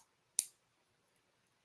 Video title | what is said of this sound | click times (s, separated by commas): See Me Saturday Jewelry Sale | um it locks in place and the safety chain stays on there | 0.4 s